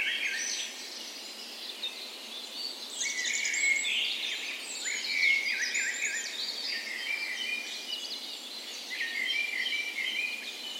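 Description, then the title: Birds: dawn chorus, dense and continuous, with whistles and rapid trills from many singers layered together. Dawn chorus in a park west in Bergen, Norway, on the morning of 17 May, Norway's National Day, in spring; Sony PCM A10 recorder, LOM micro Usi mics used as tree ears. "17th Of May Dawn Chorus"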